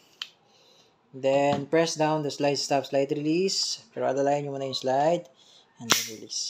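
The magazine release is pressed on a DB John Wick 4 (Pit Viper) airsoft gas pistol after the slide has locked back. One sharp click is heard at 0.2 s as the magazine unlatches and releases. Someone then talks.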